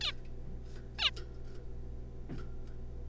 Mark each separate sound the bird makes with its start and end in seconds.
0.01-0.12, 0.99-1.10